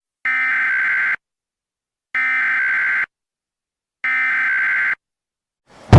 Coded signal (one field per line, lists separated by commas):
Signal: Emergency Alert System (SAME) tones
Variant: header bursts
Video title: EAS Alert #6 & 7 [Required Weekly Test] (KEC61) NWS MOBILE !!!!